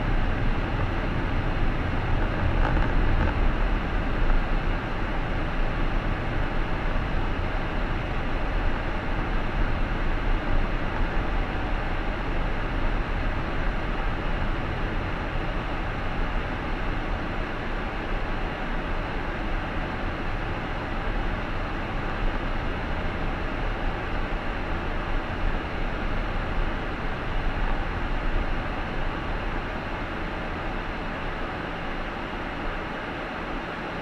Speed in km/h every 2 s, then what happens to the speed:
52, 49, 45, 43, 42, 40, 39, 38, 37, 36, 34, 31, 30, 28, 24, 17, 10.
0-34 slows to 10.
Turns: none.